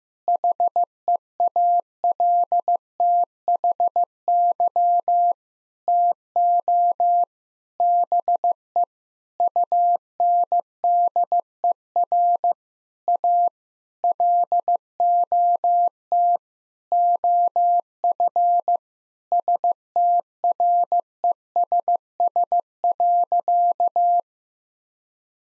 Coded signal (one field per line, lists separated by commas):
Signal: Morse code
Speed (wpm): 15 wpm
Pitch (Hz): 700 Hz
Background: none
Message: HEALTHY TO BE UNDER A LOT OF STRESS.